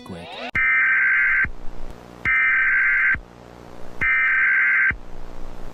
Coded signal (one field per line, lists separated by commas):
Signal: Emergency Alert System (SAME) tones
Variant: header bursts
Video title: BIRD television Continuity Eas 28 august 2005